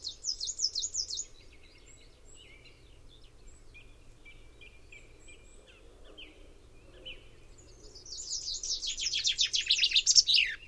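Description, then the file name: Common chaffinch song: a brief trilled burst at the start, soft scattered chirps, then a loud cascade of notes ending in a downward flourish. "Fringilla coelebs"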